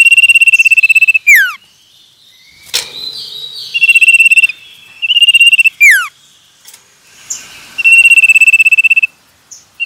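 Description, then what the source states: Common iora song of level, rapid trills with falling end notes, interrupted by a sharp click and warbled chatter, repeating several times. Male.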